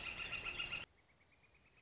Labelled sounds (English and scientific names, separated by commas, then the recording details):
Northern Flicker (Colaptes auratus)
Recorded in Sonoma County, California